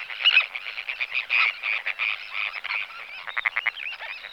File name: Rybak severni Sterna sandvicensis